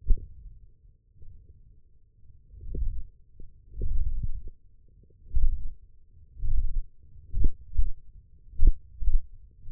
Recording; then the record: forearm muscle sounds (acoustic myography)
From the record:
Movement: hand opening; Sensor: system 1, eight BSWA MPA416 microphones around the upper forearm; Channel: 5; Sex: male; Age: 23 years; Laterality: right